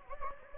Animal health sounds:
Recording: mosquito wingbeat signal from an infrared sensor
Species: Anopheles gambiae

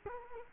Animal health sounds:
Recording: mosquito wingbeat signal from an infrared sensor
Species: Culex quinquefasciatus

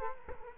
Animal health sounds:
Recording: mosquito wingbeat signal from an infrared sensor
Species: Culex quinquefasciatus

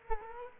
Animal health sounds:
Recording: mosquito wingbeat signal from an infrared sensor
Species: Culex quinquefasciatus

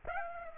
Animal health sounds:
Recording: mosquito wingbeat signal from an infrared sensor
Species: Aedes aegypti

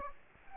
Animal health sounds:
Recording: mosquito wingbeat signal from an infrared sensor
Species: Aedes aegypti

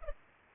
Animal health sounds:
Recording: mosquito wingbeat signal from an infrared sensor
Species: Culex pipiens

